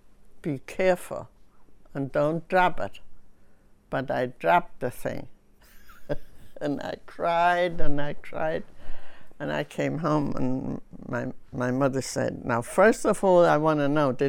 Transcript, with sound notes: be careful and don't drop it. But I dropped the thing. (she laughs) And I cried, and I cried. And I came home and my mother said, "Now, first of all I want to know.